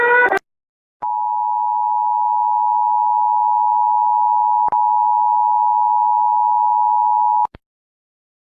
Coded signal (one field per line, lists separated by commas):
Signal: Emergency Alert System (SAME) tones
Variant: 853 and 960 Hz attention tone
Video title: Reacting To Animated EAS Alarm